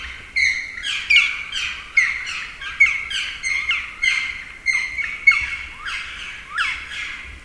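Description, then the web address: Black woodpecker giving a series of clear, ringing calls with falling ends, repeated at a fairly even pace. "agykontroll Madardalok Cd 1. Fekete harkály"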